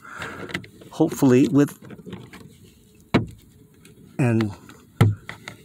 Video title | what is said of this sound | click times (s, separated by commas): Replace 2013 Leaf Cabin Air Filter Without Removing Glove Compartment | it's only just pop tabs so pop pop and then | 5.0 s, 5.3 s